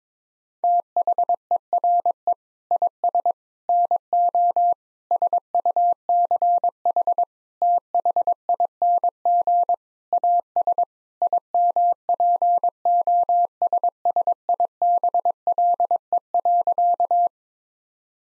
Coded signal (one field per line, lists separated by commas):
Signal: Morse code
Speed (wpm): 22 wpm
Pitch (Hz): 700 Hz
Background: none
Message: THERE IS NO SUCH THING AS IMPOSSIBLE.